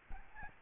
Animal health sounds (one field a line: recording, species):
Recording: mosquito wingbeat signal from an infrared sensor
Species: Aedes albopictus